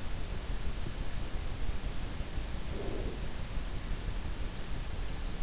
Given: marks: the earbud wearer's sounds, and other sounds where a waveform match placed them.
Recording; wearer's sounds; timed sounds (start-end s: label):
sounds in sleep by an in-ear microphone; breath
2.49-3.51 s: breath